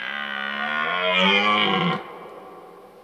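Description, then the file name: Red deer stag roaring, a deep harmonic bellow that swells for about two seconds then stops abruptly, with a faint trailing tail and no other sounds. Old stag roaring (burlen) during the rut. "Burlen 10 oud hert"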